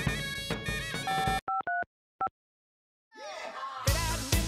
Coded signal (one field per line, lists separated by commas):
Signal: DTMF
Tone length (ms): 160 ms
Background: music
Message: 553 5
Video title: MTS Ring Back Tone